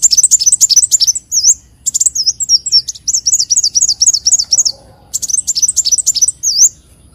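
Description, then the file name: Leafbird song: quick, high chirping phrases and repeated looping whistles, delivered in three bursts with short pauses between them. "Tieng chim xanh tim"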